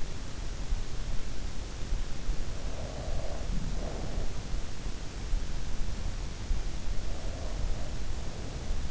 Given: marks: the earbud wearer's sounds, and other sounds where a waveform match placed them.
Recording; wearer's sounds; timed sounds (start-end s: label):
sounds in sleep by an in-ear microphone; breath
2.57-4.49 s: breath
6.90-8.91 s: breath